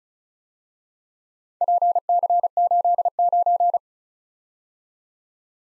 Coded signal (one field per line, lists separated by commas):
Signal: Morse code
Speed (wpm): 35 wpm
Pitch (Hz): 700 Hz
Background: none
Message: PC89